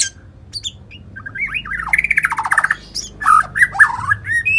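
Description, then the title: White-rumped shama song with a low hum beneath: twisting whistled notes, a rapid buzzing pulsed trill, then loud slurred whistles and harsh accents. "murai batu"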